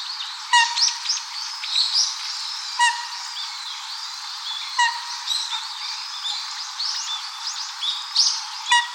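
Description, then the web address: Eurasian coot giving brief, abrupt calls, several times at uneven gaps, amid constant chirping and warbling from other birds. Recorded 25 November 2015. "birdenaga ooban 151125"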